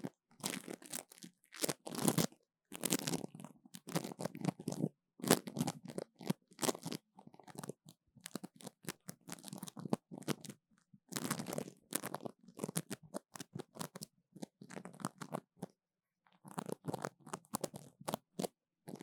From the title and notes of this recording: 黏答答的聲音 | Sticky Sounds. No Talking.